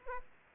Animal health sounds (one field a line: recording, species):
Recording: mosquito wingbeat signal from an infrared sensor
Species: Aedes aegypti